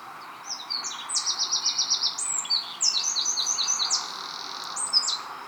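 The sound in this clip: Eurasian wren song: loud, very high, rapid trills and clipped phrases that change pitch in quick succession, poured out almost without pause.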